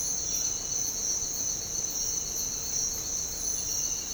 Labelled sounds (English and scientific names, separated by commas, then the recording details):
none
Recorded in dense forest near Puerto Asís, Putumayo, Colombia, on 13 March 2025 at 06:30
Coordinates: 0.467, -76.328
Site G041